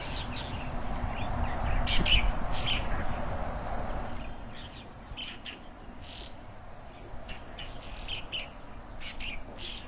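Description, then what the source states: Bird chirps, short bright notes scattered throughout, over low background noise that drops partway through. Early morning, birds playing on branches in front of a rural country house, heard from an opened window; calm, quiet scene.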